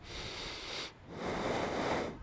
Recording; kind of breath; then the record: one breath in and out by a microphone near the nose and mouth; deep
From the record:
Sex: male